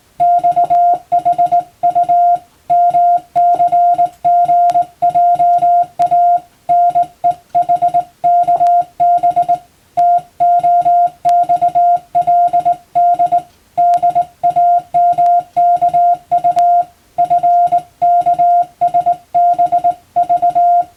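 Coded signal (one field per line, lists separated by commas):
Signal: Morse code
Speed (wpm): 19 wpm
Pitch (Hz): 700 Hz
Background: music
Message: XHUMC GJANE HKB TOXLD DAMKU FKSBV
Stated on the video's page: Hand-keyed Morse code practice for the Japanese radio operator exam's telegraphy test, sending English-language telegram-format practice text.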